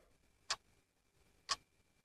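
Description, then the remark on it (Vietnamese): A clock, its hands at exactly 12 midnight, ticks twice, exactly one second apart, each tick a crisp, bright click standing out against an otherwise near-silent background with a faint steady hum. “Kim đồng hồ chỉ điểm đúng 12 giờ đêm.”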